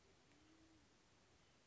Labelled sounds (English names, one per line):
Band-tailed Pigeon